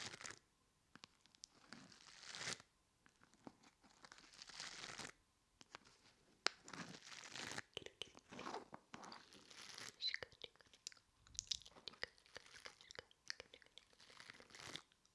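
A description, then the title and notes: Play foam is squished and pressed, giving dense bursts of crackly, sticky crinkling with brief quiet gaps between handfuls. The squeezes come irregularly, several per second at times, with sharper pops and clicks. ASMR Play Foam for Tingles Squishing and Sticky Sounds.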